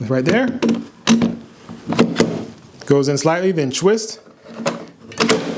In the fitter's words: goes the rest of the way in so that that loud noise you heard was it engaging in that first lock